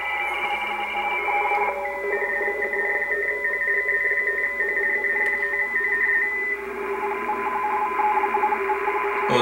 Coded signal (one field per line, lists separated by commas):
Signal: RTTY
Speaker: these are all digital signals that you can hear these are really what is called radio teletype